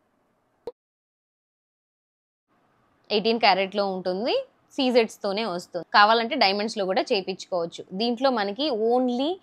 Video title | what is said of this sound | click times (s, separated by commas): నా daily wear Gold jewellery collection details - #lightsonfood | మీరు చూస్తే ఇది హూక్ మోడల్ అనమాట, జస్ట్ ప్రెస్ చేస్తే లాక్ అయిపోతుంది. | 0.7 s